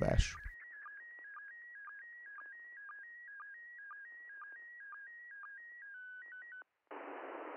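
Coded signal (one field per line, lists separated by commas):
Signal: SSTV (slow-scan television)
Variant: PD 120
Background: speech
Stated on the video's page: SSTV transmission from the ISS amateur radio station (ARISS), received on the ground.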